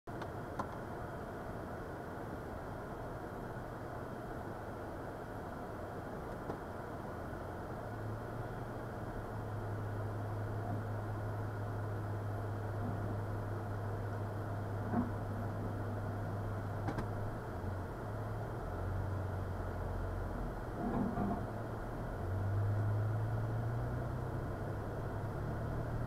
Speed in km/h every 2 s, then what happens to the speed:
0, 0, 0, 0, 0, 0, 0, 0, 0, 0, 0, 0, 0.
0-26 standing.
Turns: none.